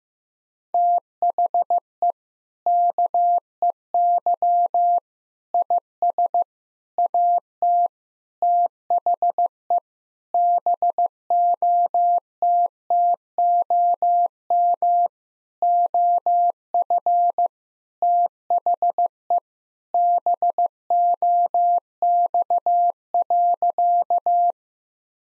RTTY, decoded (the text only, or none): none